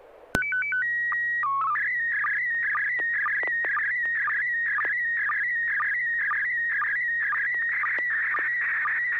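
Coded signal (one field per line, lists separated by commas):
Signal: SSTV (slow-scan television)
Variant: PD 120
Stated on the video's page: SSTV images exchanged on a weekly amateur net via an FM repeater on 441.30 MHz in Sacramento, sent with MMSSTV software.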